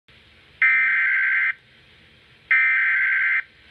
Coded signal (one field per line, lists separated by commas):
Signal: Emergency Alert System (SAME) tones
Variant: header bursts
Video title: Severe Thunderstorm Warning #3 (EAS #94)